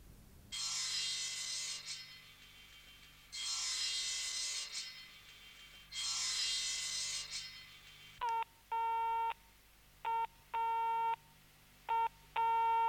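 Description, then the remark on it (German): Three long, harsh rasping bursts give way to a telephone busy signal on a dead line, a steady mid-pitched tone pulsing on and off in short, evenly spaced beeps. No one speaks. “Ich bin also abgeschnitten.”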